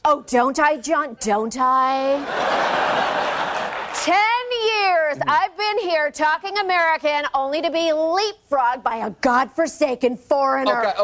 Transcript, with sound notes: Oh, don't I, John? Don't I? (LAUGHTER) Ten years I've been here talking American, only to be leapfroged by a godforsaken foreigner.